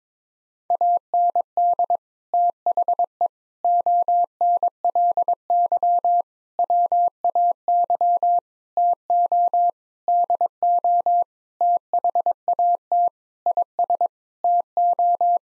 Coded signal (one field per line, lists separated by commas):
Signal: Morse code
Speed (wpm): 22 wpm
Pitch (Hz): 700 Hz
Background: none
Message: AND THE ONLY WAY TO DO THAT IS TO